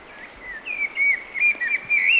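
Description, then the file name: Eurasian blackbird with a string of soft fluty warbled notes, pulsing in short wavering bursts against light hiss. "Turdus merula"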